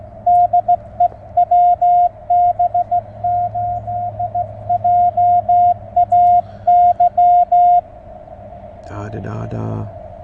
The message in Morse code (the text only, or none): DE WB8JAY